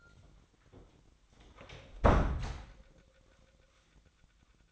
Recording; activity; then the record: daily activity, microphone in the room; close door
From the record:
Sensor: 3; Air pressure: 1009.0 hPa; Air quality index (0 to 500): 201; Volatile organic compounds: 4 ppm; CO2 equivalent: 1617 ppm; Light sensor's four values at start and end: 47/122/53/53 and 46/121/53/53